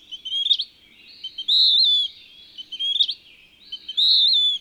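Bird singing high, pure whistled notes that alternate with a scratchy twittering phrase ending in a quick rising squeak, each heard twice.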